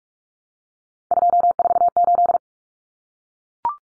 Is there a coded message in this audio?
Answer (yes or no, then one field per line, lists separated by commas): yes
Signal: Morse code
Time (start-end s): 1.1-2.4 s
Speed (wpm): 44 wpm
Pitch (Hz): 700 Hz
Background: none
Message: 248